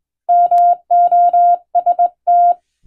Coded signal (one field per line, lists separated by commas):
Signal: Morse code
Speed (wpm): 21 wpm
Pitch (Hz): 700 Hz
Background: none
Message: MOST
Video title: 【無線通信士が手打ちで打つ懐かしいモールス符号】昭和はラジオでよく聞こえました。船と陸とを繋ぐ唯一の通信手段でした。アマチュア無線の受信トレーニングにどうぞ morse code practice